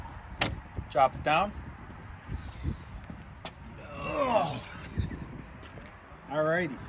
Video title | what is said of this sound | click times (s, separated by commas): How to change front wiper blades on Nissan 350z | click it into place it's on there | 0.4 s